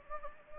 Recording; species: mosquito wingbeat signal from an infrared sensor; Anopheles gambiae